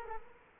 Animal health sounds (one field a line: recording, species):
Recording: mosquito wingbeat signal from an infrared sensor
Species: Culex quinquefasciatus